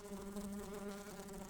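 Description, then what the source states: Brown-banded carder bee buzzing, a steady low droning hum with even harmonic bands, continuous throughout. Workers.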